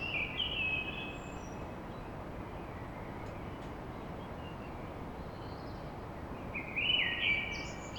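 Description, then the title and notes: Common blackbird's melodious phrases, brief at the opening and again near the end, with a long gap of steady background noise between. Blackbird song at dawn in Paris. "Blackbird Poetry At Paris On. Enregistrement d'un chant de merle à l'aube dans Paris"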